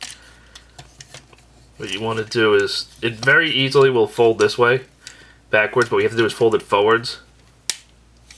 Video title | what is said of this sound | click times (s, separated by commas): Transformers Review Botcon 2012 Boxed Set Soundwave | and it'll kind of snap like that but that's fine just going past the uh test that point right there it doesn't lock in that way | 7.7 s